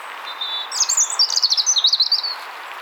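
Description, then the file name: European robin song phrase: a short thin whistle leading into a fast, high, twittering cascade of notes that ends, over low steady hiss. "Erithacus rubecula"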